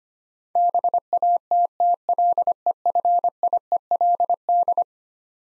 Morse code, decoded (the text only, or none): BATTLEFIELD